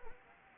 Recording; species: mosquito wingbeat signal from an infrared sensor; Anopheles arabiensis